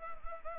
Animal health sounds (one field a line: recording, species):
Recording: mosquito wingbeat signal from an infrared sensor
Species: Anopheles arabiensis